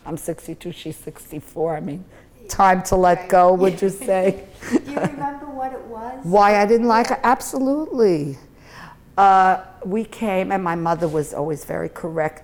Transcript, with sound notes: I'm sixty two, she's sixty four. I mean, time to let go would you say? (laughs)
Do you remember what it was?
Why I didn't like her? Absolutely. We came, and my mother was always very correct.